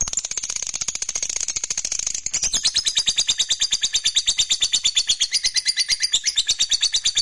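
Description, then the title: Lovebird chattering song: a dense, buzzy trill at first, then a sharper series of rapid shrill chirps repeating evenly for several seconds. "Suara Lovebird Ini"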